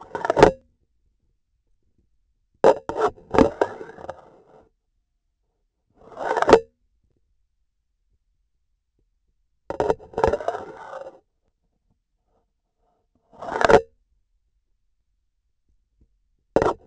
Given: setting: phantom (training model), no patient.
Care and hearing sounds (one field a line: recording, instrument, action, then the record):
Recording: laparoscopic instrument, vibration sensor on the handle end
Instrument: grasping forceps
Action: insertion and removal through the trocar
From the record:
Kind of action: spatial motion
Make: Olympus